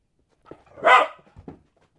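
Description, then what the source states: Dog giving a single loud bark with a couple of softer huffs around it, otherwise quiet. Dog barking while playing fetch.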